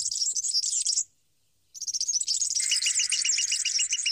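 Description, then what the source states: European serin song: a very high, fast, jingling, glassy twitter, broken by a short pause, then resuming with a steady series of lower chip notes beneath it. One of four finch species nesting openly in tree branches; heard from a park bench in the city of Toledo.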